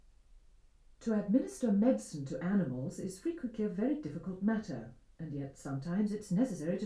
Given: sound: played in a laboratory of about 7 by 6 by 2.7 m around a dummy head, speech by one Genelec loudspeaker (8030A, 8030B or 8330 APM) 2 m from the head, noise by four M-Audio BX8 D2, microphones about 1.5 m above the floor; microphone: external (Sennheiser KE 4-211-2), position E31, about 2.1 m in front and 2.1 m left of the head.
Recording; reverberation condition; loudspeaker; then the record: female speech in English; low; 30 degrees to the left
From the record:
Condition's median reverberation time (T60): about 310 ms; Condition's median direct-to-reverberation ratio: about 3.5 dB